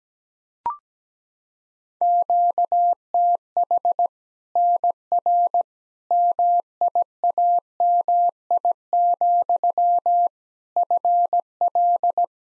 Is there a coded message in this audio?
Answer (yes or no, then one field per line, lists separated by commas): yes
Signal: Morse code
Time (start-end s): 2.0-12.2 s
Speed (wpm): 17 wpm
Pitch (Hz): 700 Hz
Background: none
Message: QTH NR MIAMI, FL